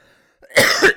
In the middle of this freaking coughing fit. Cleaning out the fucking filter it's dusty as fuck.